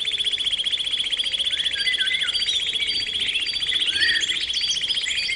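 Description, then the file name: Canary singing a continuous rapid trill holding steady throughout, with other quick chirps and rising notes woven over it. Canary therapy (training) song. "kenari terapi omkicau"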